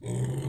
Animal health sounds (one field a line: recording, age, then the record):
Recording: pig call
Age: weaner (32 to 43 days)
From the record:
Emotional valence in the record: negative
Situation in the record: long isolation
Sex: female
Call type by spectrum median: low-frequency call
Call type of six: low-frequency stable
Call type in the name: low-frequency stable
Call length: 0.49 s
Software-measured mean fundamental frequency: 63 Hz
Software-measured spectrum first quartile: 130 Hz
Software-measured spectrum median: 235 Hz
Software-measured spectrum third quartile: 892 Hz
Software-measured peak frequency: 134 Hz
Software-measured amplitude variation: 129 dB a second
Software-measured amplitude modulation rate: 18.4 a second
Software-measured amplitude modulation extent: 7.0 dB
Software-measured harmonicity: 10.5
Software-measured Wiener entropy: -1.67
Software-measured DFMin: 1121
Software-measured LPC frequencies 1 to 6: 1985, 3087, 5474, 6837, 8173, 8820 Hz